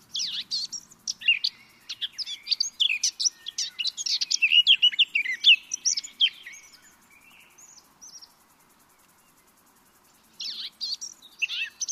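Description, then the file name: Eurasian blackcap song: a long, lively warble of quick high notes that grows louder and fuller, fades away, then a short fresh phrase begins near the end. "Sylvia atricapilla"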